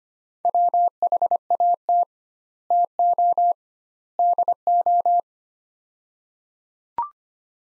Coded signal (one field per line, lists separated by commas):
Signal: Morse code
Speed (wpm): 25 wpm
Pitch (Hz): 700 Hz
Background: none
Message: WHAT TO DO